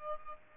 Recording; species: mosquito wingbeat signal from an infrared sensor; Aedes albopictus